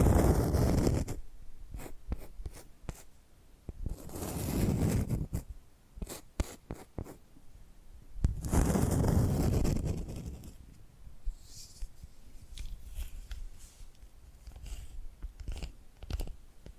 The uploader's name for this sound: Hypnotic Tapping and Scratching Sounds